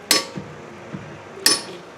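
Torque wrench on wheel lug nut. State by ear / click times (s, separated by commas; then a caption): torque reached / 0.1 s, 1.5 s. A click-type torque wrench set to 100 ft-lb tightens a wheel lug nut on a VW Jetta during a front brake pad replacement. It gives two sharp, bright metallic clicks at 0.1 s and 1.5 s, with faint low knocks between them. The wrench clicks at its setting, confirming the lug nut is torqued.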